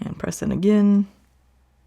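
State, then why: Not seated. Someone talks while the second band end is pressed into the quick-release band attachment on the lug slot of a black 46mm Galaxy Watch 8 Classic's metal case, fitting a white athleisure band. The voice holds a drawn-out tone until about 1.0 s, then the clip goes quiet. Nothing has seated or clicked yet.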